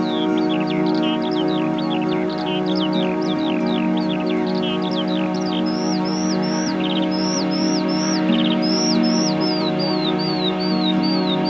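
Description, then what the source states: Skylark song, a long run of slurred whistled notes that fall and swoop, some short buzzy trills, over steady droning guitar and synthesiser tones. Skylark descending from the sky in Dorset, UK, merged with guitar and synthesisers processed through analog tape; ambient mix inspired by a day on an Iron Age hillfort.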